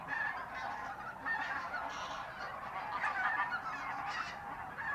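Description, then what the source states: Goose: geese giving a steady mass of honking calls, many birds overlapping, with several sharper, higher cackles rising above the chorus midway. Geese in the re-naturalised area of Polder Glies, Sellstedt, Germany, 9 November 2020; binaural ORTF pair of t.bone SC 140 microphones with Rycote windjammer, TASCAM DR100 MK3 recorder.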